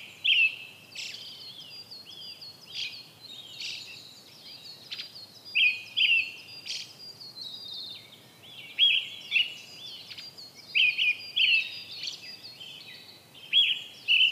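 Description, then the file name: Brown-headed thrush singing short whistled phrases, often in quick pairs, separated by softer high notes. "akahara"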